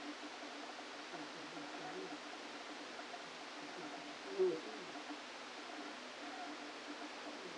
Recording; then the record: brain microelectrode recording played as sound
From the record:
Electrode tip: outside the subthalamic nucleus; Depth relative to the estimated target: -6 mm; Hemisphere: right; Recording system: NeuroSet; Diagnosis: Parkinson's disease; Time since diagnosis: 13 years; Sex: male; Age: 49 years